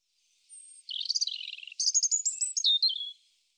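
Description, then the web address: European robin song: a faint high note, then a tumbling warble of liquid, rapid notes that dip and flicker before ending on a sharper, high twittering flourish. "cianscape birddata Deverinetal Bird Er Ru"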